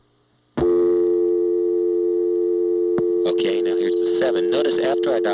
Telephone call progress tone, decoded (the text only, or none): dial tone